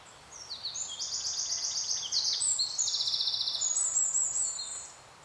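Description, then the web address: Bird song of high-pitched, fast, rattling trills, one after another for several seconds. "Soundscape Bird"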